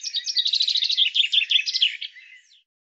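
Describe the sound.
Common chaffinch song: a bright series of repeated notes in several phrases, ending with a fading flourish, nothing else audible.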